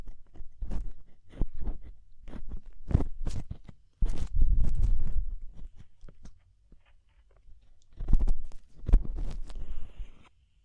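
Deep ear cleaning sounds come as a run of crunchy, scraping bursts, irregular and close together, each with a heavy low thump beneath a crackly top. A denser rumbling stretch sits around four to five seconds, then a short silence before more crunches and a faint whine near the end.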